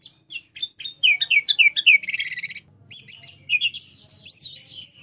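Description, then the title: Orange-headed thrush song of high, rapid whistles and slurred notes mixed with buzzy, scratchy passages and a final warbling phrase. "anis_merah"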